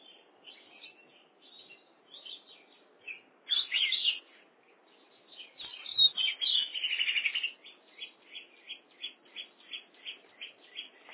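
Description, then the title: Oriental magpie-robin singing: soft repeated chirps, two louder bursts of rich warbled phrases, then a steady run of short repeated notes. "Kacer"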